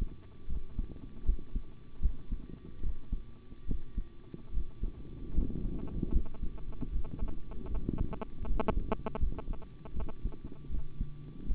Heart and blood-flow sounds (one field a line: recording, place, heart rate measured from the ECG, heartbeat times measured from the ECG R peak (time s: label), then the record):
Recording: heart sounds by stethoscope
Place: between the tricuspid and mitral areas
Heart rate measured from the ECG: 77 bpm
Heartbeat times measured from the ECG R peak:
0.47 s: heartbeat
1.24 s: heartbeat
2.00 s: heartbeat
2.81 s: heartbeat
3.66 s: heartbeat
4.52 s: heartbeat
5.33 s: heartbeat
6.11 s: heartbeat
6.90 s: heartbeat
7.69 s: heartbeat
8.45 s: heartbeat
9.18 s: heartbeat
9.93 s: heartbeat
10.69 s: heartbeat
11.45 s: heartbeat
From the record:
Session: rest, sitting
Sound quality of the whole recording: good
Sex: male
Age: 25 years